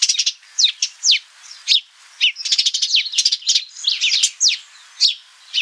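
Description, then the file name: House sparrow chirping, loud clipped downward notes given singly and in quick clusters, with short quiet gaps between bouts. "Passer domesticus"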